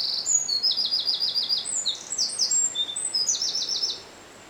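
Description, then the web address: Eurasian wren song: very high, hurried bursts of rattling trills and thin whistled notes, delivered in one energetic run that stops abruptly near the end. "ocells Chochin-paleartico"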